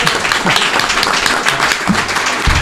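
An audience applauds steadily, a dense wash of many hands clapping at once at a fairly loud, even level, with a few faint voices mixed in underneath.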